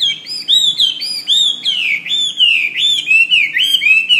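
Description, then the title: Bird song of loud, clear arched whistles given in a steady series, each note slurring up then down. "SuaraBurung Kicau"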